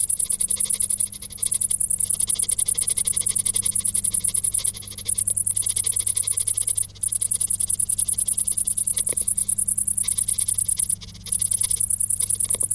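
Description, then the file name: Cricket trilling in fast, high pulses with a couple of short gaps, alongside a steady low hum. "Grillen"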